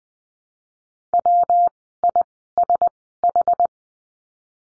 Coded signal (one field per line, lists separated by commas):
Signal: Morse code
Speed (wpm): 20 wpm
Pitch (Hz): 700 Hz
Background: none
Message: W I S H